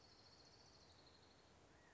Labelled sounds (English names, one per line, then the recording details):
Orange-crowned Warbler
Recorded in Sonoma County, California